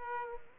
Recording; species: mosquito wingbeat signal from an infrared sensor; Aedes aegypti